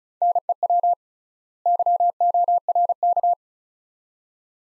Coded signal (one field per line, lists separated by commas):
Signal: Morse code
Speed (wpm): 36 wpm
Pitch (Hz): 700 Hz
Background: none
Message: NEW YORK